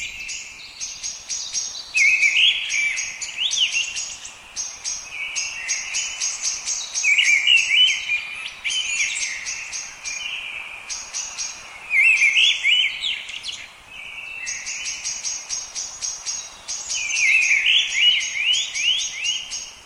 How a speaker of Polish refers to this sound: zakłócanego nieco przez głos zaniepokojonego kosa